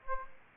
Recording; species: mosquito wingbeat signal from an infrared sensor; Aedes aegypti